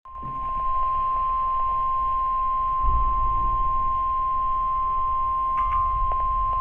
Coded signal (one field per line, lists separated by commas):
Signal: Emergency Alert System (SAME) tones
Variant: 1050 Hz attention tone